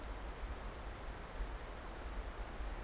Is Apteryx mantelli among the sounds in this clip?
no